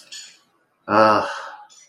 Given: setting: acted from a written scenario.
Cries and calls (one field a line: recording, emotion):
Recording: vocal sound without words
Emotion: guilt